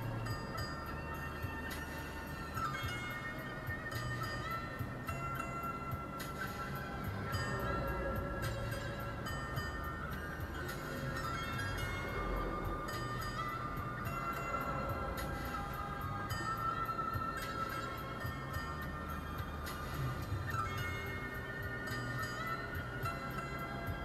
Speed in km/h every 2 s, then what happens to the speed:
35, 31, 29, 27, 24, 27, 27, 25, 25, 25, 26, 27.
0-7 slows to 24. 7-24 steady at about 25.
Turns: none.